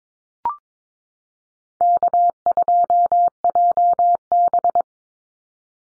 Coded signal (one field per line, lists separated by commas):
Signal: Morse code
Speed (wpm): 22 wpm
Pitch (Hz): 700 Hz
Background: none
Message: K2JB